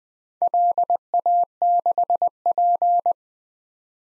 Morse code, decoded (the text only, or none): LA6P